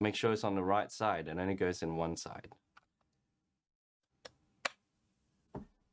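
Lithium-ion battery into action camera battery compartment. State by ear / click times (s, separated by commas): seated / 4.7 s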